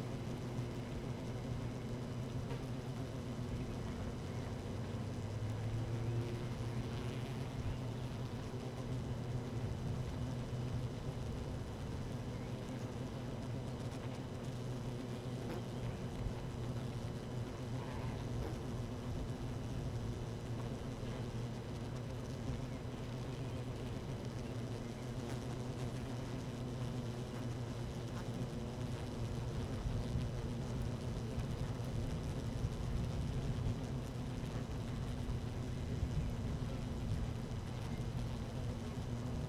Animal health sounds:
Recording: honeybee colony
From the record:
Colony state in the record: active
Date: 12 June 2018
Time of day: 13:49

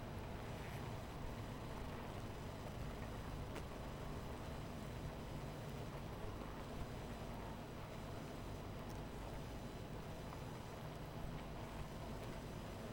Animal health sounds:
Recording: honeybee colony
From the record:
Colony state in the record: missing queen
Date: 14 July 2017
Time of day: 12:22

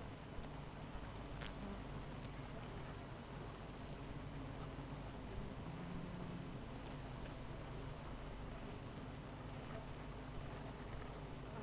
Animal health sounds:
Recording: honeybee colony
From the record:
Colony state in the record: missing queen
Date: 14 July 2017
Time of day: 9:08

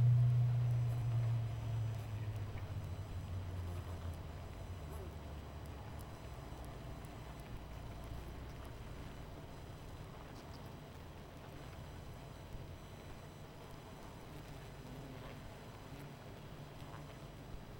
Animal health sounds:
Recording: honeybee colony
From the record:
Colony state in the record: missing queen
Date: 14 July 2017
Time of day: 21:30

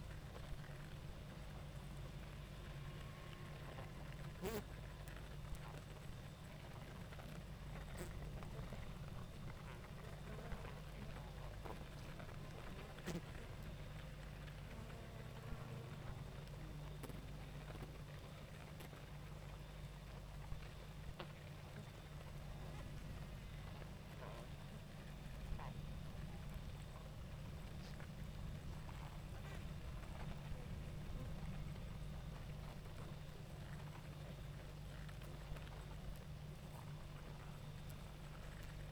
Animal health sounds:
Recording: honeybee colony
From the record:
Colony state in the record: active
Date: 28 July 2017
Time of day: 19:46

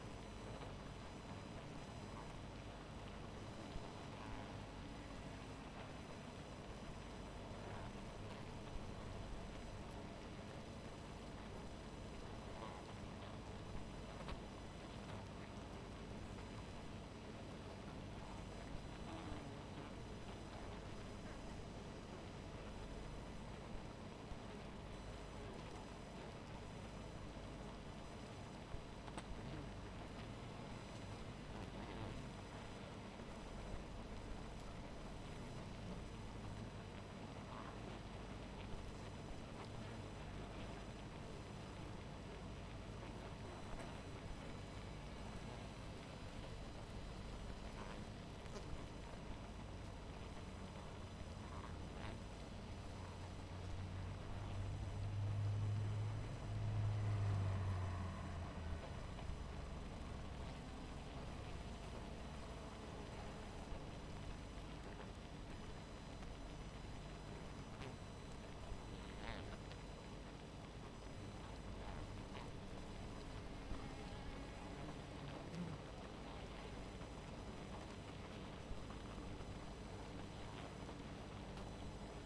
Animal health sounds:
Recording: honeybee colony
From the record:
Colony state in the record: missing queen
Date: 14 July 2017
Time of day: 0:23

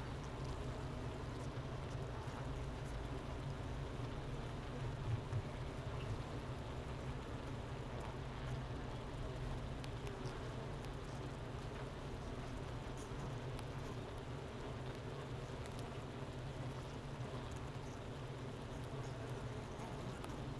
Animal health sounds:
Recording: honeybee colony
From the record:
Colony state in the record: missing queen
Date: 31 May 2018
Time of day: 10:31

